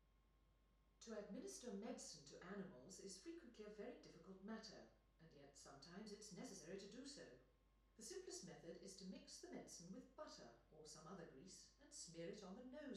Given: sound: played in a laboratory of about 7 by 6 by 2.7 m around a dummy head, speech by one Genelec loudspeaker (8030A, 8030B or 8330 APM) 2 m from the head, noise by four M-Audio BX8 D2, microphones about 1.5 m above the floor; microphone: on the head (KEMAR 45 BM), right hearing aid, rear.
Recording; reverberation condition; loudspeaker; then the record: female speech in English; medium; 120 degrees to the left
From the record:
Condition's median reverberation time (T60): about 510 ms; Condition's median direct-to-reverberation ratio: about -0.5 dB